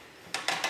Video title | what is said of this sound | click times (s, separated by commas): setting up tripod and light | until you hear it clicking and it's on | 0.3 s, 0.5 s